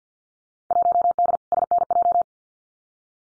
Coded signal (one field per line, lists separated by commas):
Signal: Morse code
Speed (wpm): 50 wpm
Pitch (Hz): 700 Hz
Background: none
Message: 1D SNJ